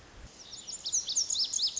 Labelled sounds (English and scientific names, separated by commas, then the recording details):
Lazuli Bunting (Passerina amoena)
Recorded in Sonoma County, California